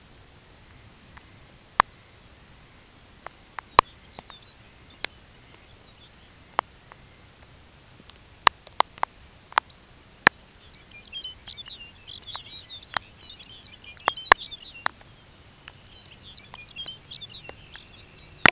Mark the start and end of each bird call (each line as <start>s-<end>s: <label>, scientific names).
0.30s-7.38s: Calidris alpina
3.64s-6.58s: Calcarius lapponicus
9.62s-9.81s: Calcarius lapponicus
10.51s-14.93s: Calcarius lapponicus
15.17s-18.50s: Calidris alpina
15.55s-18.50s: Calcarius lapponicus